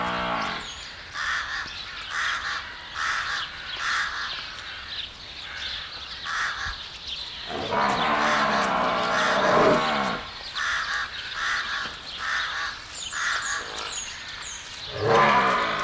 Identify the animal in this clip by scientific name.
Bubalus bubalis